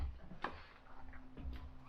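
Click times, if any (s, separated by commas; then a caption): 0.5 s. A bulb socket is pushed into the tail light housing of an NA Miata and given a quarter turn until it locks in place. A sharp tick sounds at 0.5 s as it seats, followed by a fainter tick near 1.6 s.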